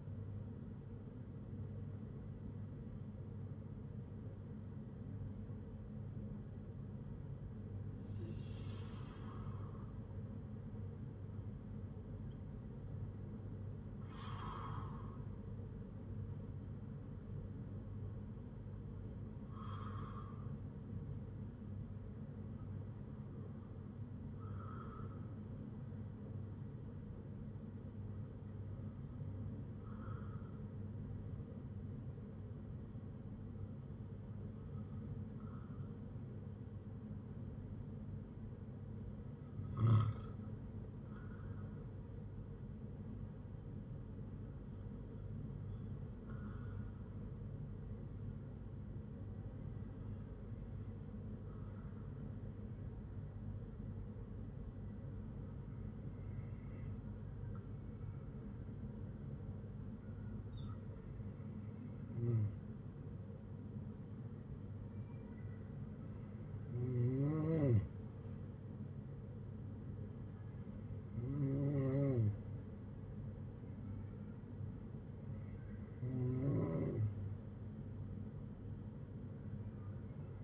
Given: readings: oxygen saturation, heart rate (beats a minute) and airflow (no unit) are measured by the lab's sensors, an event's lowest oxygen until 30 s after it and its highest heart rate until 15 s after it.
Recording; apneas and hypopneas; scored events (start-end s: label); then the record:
breathing in sleep by a smartphone at the bedside; 1
36.00-71.10 s: hypopnea (N2, oxygen 96% highest, then 93% lowest, heart rate 61 at the start, 71 highest)
From the record:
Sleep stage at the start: N2 (light sleep); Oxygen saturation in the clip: 94 to 96%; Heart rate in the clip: 58 to 71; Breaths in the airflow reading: 15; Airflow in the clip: -6.8 to 7.3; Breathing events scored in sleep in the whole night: 182 in 7.4 hours asleep